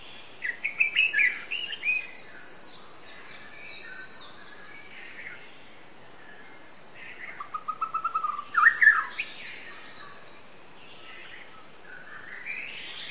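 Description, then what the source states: White-rumped shama singing a short twittering phrase, falling silent for several seconds, then a rapid series of notes climbing into a bright whistled flourish. Wild white-rumped shama from the forest (murai batu hutan) singing.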